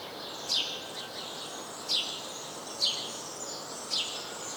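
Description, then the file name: House sparrow calling with four brief, piercing descending chirps roughly a second apart, set against a continuous bed of high twittering. "Passer domesticus"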